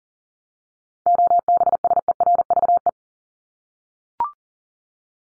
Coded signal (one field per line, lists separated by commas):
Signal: Morse code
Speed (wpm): 40 wpm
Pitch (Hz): 700 Hz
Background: none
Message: OBSERVE